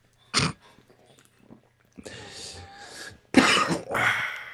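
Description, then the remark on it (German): A sharp cough, then a long raspy, whistling wheeze, followed by loud, rough bursts of coughing with more wheezing breath between them. “Ja, du fiebst wirklich ganz übel. Also in der Lunge meine ich.”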